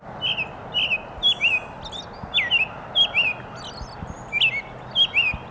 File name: American Robin